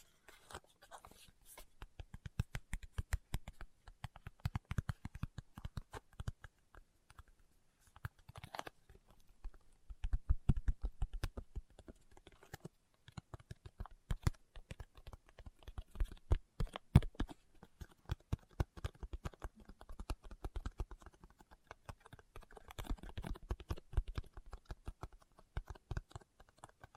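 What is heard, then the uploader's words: Fingertips tap rapidly in dense, uneven bursts that run the whole time, like quick typing. Each tap is a short, crisp click with a soft low thud beneath it. Brief lulls break the flurries around 8, 13 and 19 seconds before the tapping picks up again. ASMR Tapping with Fingertips (No Talking).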